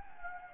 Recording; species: mosquito wingbeat signal from an infrared sensor; Anopheles gambiae